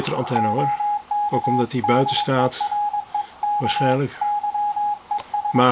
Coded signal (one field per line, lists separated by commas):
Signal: Morse code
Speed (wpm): 20 wpm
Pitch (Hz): 830 Hz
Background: speech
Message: OK DEREK YES